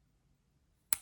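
A plastic accessory piece from the Lego Iron Man Armory 76216 set is pressed into a figure's connection point. After near silence, a single sharp, bright click sounds at 0.9 s, and the piece seats firmly in place.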